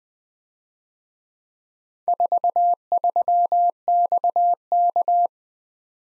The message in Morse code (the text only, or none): 43XK